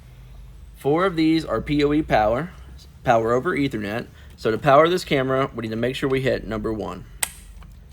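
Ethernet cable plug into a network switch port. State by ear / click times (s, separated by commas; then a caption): seated / 7.2 s. Someone talks while the Ethernet cable from the camera is pushed into port one, the PoE port, of a network switch. The plastic RJ45 latch gives a sharp click at 7.2 s, and the plug is seated so it should not pull out.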